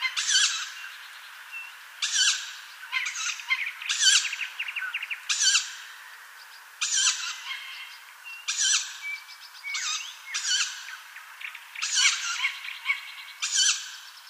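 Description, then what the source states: Tawny owl chicks giving several harsh, hissing wheezes. Owl chicks, recorded 27 May 2015.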